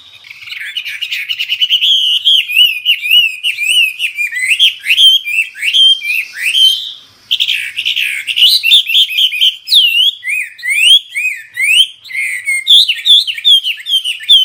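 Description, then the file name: Hwamei singing continuously, a rich stream of rising and swooping whistled phrases with varied bright notes and brief gaps. Hwamei (wambi) described as a special, lively singer (gacor). "Burung Hwamei Wambi wambie Istimewa Gacor"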